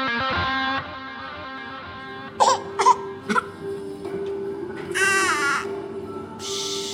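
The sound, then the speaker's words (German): A baby cries in fits, a few short sharp squalls followed by longer, high-pitched wails, over a steady low hum in the background. “Psst, nicht weinen jetzt, gib doch bald was.”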